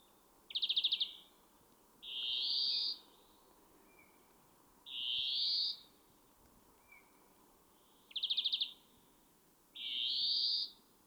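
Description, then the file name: European greenfinch giving long nasal, buzzy wheezes mixed with short rattling trills, five phrases spaced roughly one to two seconds apart over a quiet background. "Chloris chloris"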